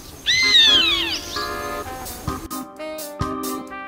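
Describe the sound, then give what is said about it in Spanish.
A chimango caracara hunting pigeons gives a shrill, downward-sliding cry, followed by steadier, whining calls and a few sharp knocks, with no voices. “Y lo que podemos escuchar atrás son un tiuque que las está cazando.”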